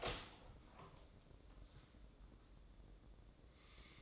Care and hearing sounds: daily activity, microphone in the room; open door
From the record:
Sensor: 3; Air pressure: 1012.3 hPa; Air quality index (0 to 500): 182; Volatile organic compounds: 3 ppm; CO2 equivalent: 1386 ppm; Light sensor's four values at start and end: 551/1369/566/580 and 541/1345/555/569

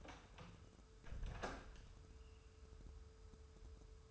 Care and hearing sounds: daily activity, microphone in the room; close door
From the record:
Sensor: 2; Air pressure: 1015.0 hPa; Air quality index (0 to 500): 104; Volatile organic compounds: 2 ppm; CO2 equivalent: 1314 ppm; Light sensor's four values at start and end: 13/35/14/15 and 13/35/14/15

